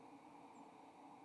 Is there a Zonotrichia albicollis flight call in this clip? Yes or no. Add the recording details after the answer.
yes. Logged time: 05:55 on 4 December 2014